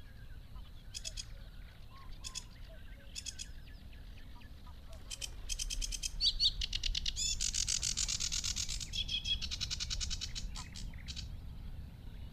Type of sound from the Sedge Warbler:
song